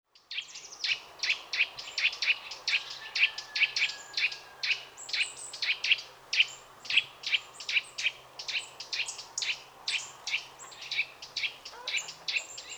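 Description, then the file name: Eurasian nuthatch calls: a long series of sharp, high chirping notes, several per second, steady throughout. "Sitta europaea"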